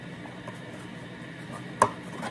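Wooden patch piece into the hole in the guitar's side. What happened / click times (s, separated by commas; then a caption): Wood patch snaps nearly into place / 1.8 s. A cut laminate wood patch is test-fitted into the kicked-in hole in the side of a Takamine acoustic guitar. After a low, steady background, a single sharp wooden snap is heard at 1.8 s. The patch snaps nearly into place but is not fully home and needs a little more.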